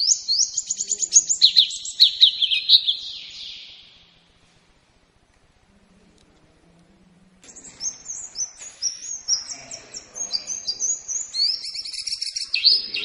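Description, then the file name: White-eye song of quick, high twittering phrases and slurred whistles, broken by a few seconds of silence before it resumes. Lombok white-eye; recording used for training cage songbirds. "pleci lombok omkicau"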